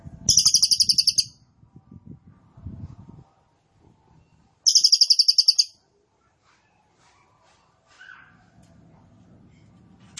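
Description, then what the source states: Cililin giving two high, rattling trills of rapid even pulses, with low thumping and rustling sounds around them. Song style called 'trorol', described as 'gacor' and 'konslet'; recording meant for training caged birds.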